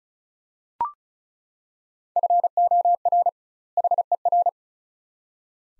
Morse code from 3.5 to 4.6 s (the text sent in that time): HER